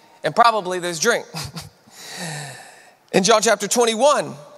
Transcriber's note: sighs and gasps